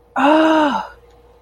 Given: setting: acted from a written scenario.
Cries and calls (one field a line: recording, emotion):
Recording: vocal sound without words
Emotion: realization